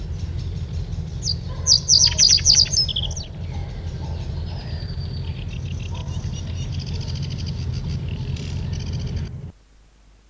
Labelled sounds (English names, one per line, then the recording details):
Reed Bunting song
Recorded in the wild
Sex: male
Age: adult
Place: Wegle-Zukowo, Warminsko-Mazurskie, PL
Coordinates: 54.1, 19.45
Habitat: lake
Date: 1966-05-12
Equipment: Nagra III BH
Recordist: Schubert, Michael